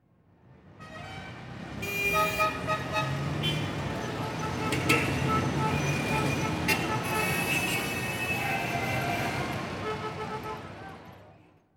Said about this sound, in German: Autos huben, Busse kommen, Taxis halten und fahren sofort wieder weg.